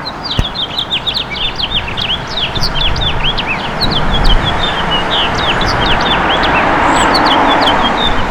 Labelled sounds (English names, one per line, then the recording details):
House Finch song
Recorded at Babylon on Long Island, New York, on 18 May 2013
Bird F